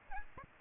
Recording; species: mosquito wingbeat signal from an infrared sensor; Aedes aegypti